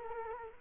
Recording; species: mosquito wingbeat signal from an infrared sensor; Culex quinquefasciatus